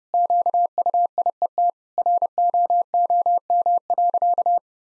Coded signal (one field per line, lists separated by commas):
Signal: Morse code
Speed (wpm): 30 wpm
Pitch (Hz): 700 Hz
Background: none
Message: QUIET ROOM.